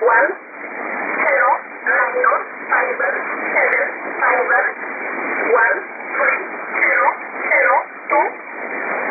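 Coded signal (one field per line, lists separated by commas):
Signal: numbers station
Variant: E11 Oblique, English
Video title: 04 01 2018 Numbers station E11 Oblique in English to Eu 0652 on 7840 unknown tx site in USB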